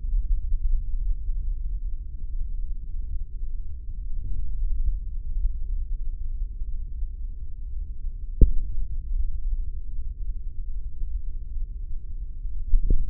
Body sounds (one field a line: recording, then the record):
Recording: forearm muscle sounds (acoustic myography)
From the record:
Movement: tripod grip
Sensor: system 3, bracelet of six PUI Audio POM-2738L microphones around the upper forearm, with dedicated amplification and filtering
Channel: 4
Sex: male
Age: 55 years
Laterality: right